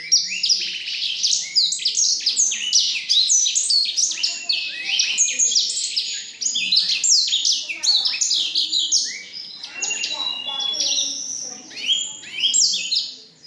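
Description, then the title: Black-throated canary delivering a sustained, high-pitched rambling song of quick chirps, trills and downslurred notes, easing slightly softer toward the end. Bird from Jombang, described as excellent. "Burung blackthroat Istimewa dari Jombang"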